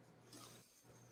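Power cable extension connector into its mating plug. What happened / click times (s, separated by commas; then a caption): Handled, not yet home: the cable connector has not clicked in / none. A PC power cable extension connector with long clips is handled against its mating plug after an earlier wrong attempt, with a brief broadband rustle at 0.3 s over a steady low hum. Nothing has seated or clicked yet.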